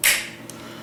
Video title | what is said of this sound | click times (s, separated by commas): thompson center triumph | Snaps right in. | 0.5 s